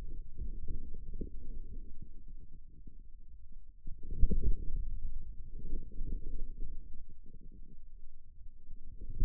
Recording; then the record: forearm muscle sounds (acoustic myography)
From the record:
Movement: inward rotation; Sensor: system 2, bracelet of six BSWA MPA416 microphones around the upper forearm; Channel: 5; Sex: male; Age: 22 years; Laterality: right